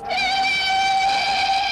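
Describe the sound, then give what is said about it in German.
A train whistle sounds one long, steady, loud note with a bright, buzzy tone, holding without a break, as a long-distance train pulls away from platform 1 of Bauernbruck station after the doors close. No one speaks. “Reisende des Fernzuges Glucker, bitte beeilen. Türen schließen.”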